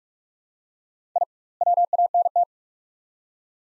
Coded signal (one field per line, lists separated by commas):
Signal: Morse code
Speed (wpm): 46 wpm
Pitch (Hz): 700 Hz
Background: none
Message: I WANT